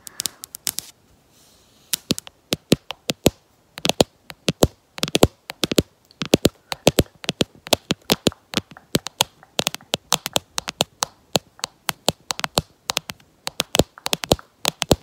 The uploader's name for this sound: Nail Tapping, Camera Tapping